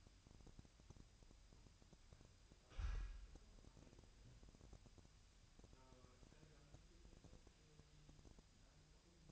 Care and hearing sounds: daily activity, microphone in the room; wipe stove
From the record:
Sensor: 2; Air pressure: 1003.2 hPa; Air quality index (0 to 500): 202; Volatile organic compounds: 6 ppm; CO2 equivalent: 1920 ppm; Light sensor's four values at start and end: 7/16/7/7 and 7/16/7/7

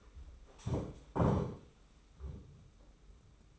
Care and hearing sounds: daily activity, microphone in the room; stand up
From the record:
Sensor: 1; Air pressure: 991.7 hPa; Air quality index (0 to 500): 160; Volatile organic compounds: 1000 ppm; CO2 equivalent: 5955 ppm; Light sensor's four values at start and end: 31/103/40/41 and 30/101/39/40

